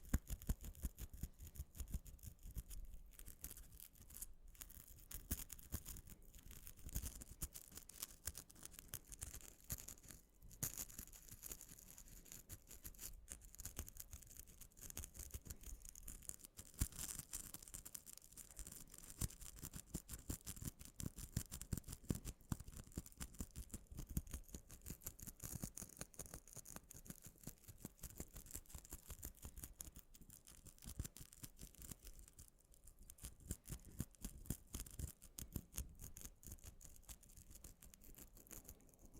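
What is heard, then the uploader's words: Continuous scratching with a fine, rasping texture, made of rapid short strokes that run without pause for the whole stretch. The scraping is bright and crisp, with a low rumble of handling underneath and a few brief gaps where strokes briefly stop. ASMR Mini Scratching (NO TALKING).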